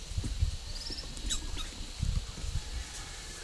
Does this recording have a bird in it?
no